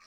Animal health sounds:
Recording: pig call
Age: piglet (1 to 25 days)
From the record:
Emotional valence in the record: positive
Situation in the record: short reunion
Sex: female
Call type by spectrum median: high-frequency call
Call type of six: low-frequency tonal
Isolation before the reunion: 3 minutes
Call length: 0.07 s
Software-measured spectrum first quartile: 1586 Hz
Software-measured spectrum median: 2770 Hz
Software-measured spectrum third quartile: 5242 Hz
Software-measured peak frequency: 1175 Hz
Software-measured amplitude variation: 2 dB a second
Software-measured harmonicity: 0.5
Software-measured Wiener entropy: -1.51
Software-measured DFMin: 544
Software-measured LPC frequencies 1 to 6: 1180, 1874, 2394, 4235, 5335, 5804 Hz

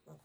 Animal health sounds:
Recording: pig call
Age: piglet (1 to 25 days)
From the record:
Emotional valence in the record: negative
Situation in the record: restrain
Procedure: back test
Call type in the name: low-frequency call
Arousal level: low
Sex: male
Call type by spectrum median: low-frequency call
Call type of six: low-frequency stable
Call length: 0.24 s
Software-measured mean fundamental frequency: 51 Hz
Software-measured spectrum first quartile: 176 Hz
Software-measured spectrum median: 430 Hz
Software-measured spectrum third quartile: 1123 Hz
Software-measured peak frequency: 149 Hz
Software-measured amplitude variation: 175 dB a second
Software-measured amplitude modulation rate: 12.3 a second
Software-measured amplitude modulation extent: 14.2 dB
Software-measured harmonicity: 4.7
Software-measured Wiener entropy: -0.33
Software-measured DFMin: 1399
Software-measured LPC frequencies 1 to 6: 494, 2359, 3925, 4964, 6897, 7548 Hz

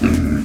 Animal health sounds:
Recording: pig call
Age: growing-finishing pig (85 days or more)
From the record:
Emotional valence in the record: positive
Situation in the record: enriched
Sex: male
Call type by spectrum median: low-frequency call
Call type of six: low-frequency stable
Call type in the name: low-frequency stable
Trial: 4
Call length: 0.45 s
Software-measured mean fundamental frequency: 41 Hz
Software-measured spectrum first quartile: 166 Hz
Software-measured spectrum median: 270 Hz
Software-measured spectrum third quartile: 671 Hz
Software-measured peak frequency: 237 Hz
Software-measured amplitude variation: 169 dB a second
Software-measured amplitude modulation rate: 25.7 a second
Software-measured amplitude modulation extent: 6.6 dB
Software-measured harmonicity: 1.3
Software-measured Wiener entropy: -1.68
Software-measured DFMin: 1068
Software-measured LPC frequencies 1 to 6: 273, 1401, 2181, 2574, 3635, 4484 Hz

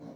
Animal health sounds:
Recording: pig call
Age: piglet (1 to 25 days)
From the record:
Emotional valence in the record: negative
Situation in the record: long isolation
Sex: female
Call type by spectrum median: low-frequency call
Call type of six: low-frequency stable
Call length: 0.16 s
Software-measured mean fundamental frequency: 56 Hz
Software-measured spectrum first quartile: 233 Hz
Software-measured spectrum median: 337 Hz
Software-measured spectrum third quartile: 623 Hz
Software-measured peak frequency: 279 Hz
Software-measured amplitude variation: 115 dB a second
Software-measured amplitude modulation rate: 21.9 a second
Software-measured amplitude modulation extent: 5.2 dB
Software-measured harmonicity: -0.2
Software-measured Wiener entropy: 0.09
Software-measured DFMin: 876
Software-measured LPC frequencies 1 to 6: 446, 2063, 4077, 5630, 8231, 9322 Hz

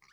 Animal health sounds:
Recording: pig call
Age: piglet (1 to 25 days)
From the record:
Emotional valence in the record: positive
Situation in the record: short reunion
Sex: male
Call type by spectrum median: low-frequency call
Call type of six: mixed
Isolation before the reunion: 3 minutes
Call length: 0.12 s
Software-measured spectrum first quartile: 1688 Hz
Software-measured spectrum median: 2379 Hz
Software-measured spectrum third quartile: 4861 Hz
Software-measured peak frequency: 1752 Hz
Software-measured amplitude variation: 157 dB a second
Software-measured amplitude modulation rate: 16.0 a second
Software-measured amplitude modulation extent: 9.9 dB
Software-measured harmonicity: 2.1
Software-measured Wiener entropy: -1.75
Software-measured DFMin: 670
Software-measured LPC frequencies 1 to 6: 1146, 1729, 2189, 4399, 5002, 5840 Hz

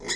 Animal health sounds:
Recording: pig call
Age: weaner (32 to 43 days)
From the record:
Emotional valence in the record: negative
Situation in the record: long isolation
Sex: female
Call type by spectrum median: high-frequency call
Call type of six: high-frequency stable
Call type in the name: high-frequency stable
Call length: 0.17 s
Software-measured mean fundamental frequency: 143 Hz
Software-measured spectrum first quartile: 1566 Hz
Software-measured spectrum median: 3558 Hz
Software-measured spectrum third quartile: 5854 Hz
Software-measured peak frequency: 2009 Hz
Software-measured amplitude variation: 122 dB a second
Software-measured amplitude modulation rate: 3.0 a second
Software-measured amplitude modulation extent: 40.9 dB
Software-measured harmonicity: 1.9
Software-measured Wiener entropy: -2.61

